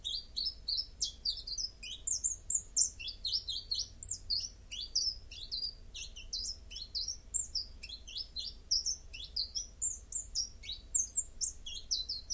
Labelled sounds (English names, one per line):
Common Chiffchaff song